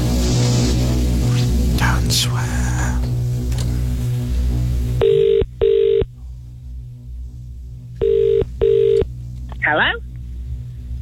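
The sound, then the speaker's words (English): After a few seconds of muffled background noise, a phone's ringing tone sounds on an outgoing call placed to a listener during a radio phone-in giveaway: two pairs of steady, mid-pitched double rings, followed by a brief burst of sound as the line picks up. “All right, so don't forget, if you're listening on delay, your phone might ring before you hear me calling that person, which is you, by the way.”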